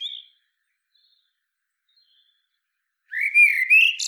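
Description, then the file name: Common blackbird song: a short whistled note, a pause of nearly three seconds, then a warbled phrase sliding upward and ending in high twittering. "Turdus merula"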